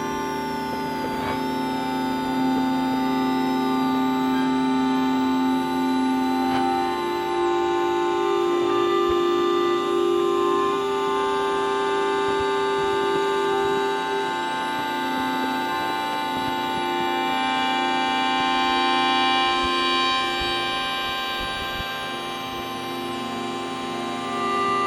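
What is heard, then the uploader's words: Electromagnetic signals picked up on a Number 21 bus form a dense, steady hum of stacked tones that hold for long stretches. Bright whistling lines drift and wobble up high, and brief clicks cut through around two, six and nine seconds. The EM signals used to create this piece were captured whilst in transit on a Number 21 Bus traveling southbound Between Moorgate and Old Kent Road. The sound was recorded via the use of 2 Electro-Magnetic coil pick-ups.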